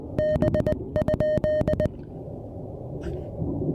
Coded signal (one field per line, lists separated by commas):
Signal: Morse code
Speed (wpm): 19 wpm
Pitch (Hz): 1850 Hz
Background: music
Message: B?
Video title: SOTA and Stunning Views: Breaking in the Venus SW-3B on Dogback Mountain!